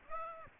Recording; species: mosquito wingbeat signal from an infrared sensor; Aedes aegypti